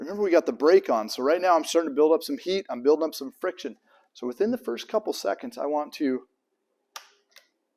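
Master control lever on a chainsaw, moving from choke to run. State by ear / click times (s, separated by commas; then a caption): released / 7.0 s. Someone talks while a Stihl MS 180 C chainsaw runs on choke with the chain brake on, building up heat and friction. The trigger is squeezed and the plastic master control lever pops up from choke to the run position, releasing with a sharp click at 7.0 s, followed by a fainter tick at 7.4 s.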